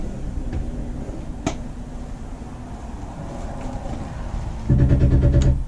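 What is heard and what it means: The motor drives the slide-out room of a 2011 Jayco Jay Flight G2 31RKS travel trailer outward over a steady low hum, which grows louder from about 4.7 s. When the slide reaches full extension, the drive clutch slips and clicks at 1.5 s and 5.4 s, confirming the room is all the way out.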